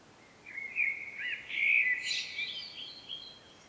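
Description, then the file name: Common blackbird song phrase, rich fluty notes sliding up and down, then a trailing high chattering flourish. "Turdus merula"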